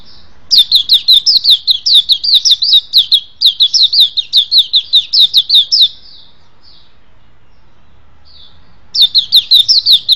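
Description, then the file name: White-eye song of rapid, high downslurred chirps that runs for about five seconds, falls silent for a few seconds, then returns with the same rhythm. "suara pleci"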